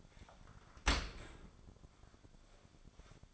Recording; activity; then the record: daily activity, microphone in the room; open dishwasher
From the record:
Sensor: 5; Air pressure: 1006.8 hPa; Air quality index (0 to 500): 183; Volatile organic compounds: 5 ppm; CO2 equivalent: 1750 ppm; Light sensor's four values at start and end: 51/140/55/55 and 51/142/56/56